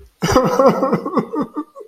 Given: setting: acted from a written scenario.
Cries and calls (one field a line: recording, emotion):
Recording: vocal sound without words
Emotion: sadness